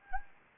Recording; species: mosquito wingbeat signal from an infrared sensor; Anopheles gambiae